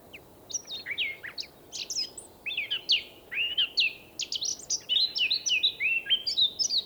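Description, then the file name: Eurasian blackcap singing a rich, chattering warble of quick slurred notes, some rising and falling sharply, running continuously with faint steady hiss behind. "Sylvia atricapilla"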